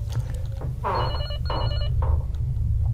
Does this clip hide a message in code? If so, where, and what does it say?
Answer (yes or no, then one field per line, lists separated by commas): no